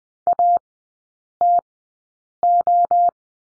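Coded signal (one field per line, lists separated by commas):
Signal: Morse code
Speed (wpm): 20 wpm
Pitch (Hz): 700 Hz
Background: none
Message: ATO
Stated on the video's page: Morse course lesson drilling letter O in three-character groups, Farnsworth speed 20/10 wpm.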